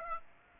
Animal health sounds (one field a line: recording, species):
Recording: mosquito wingbeat signal from an infrared sensor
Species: Aedes aegypti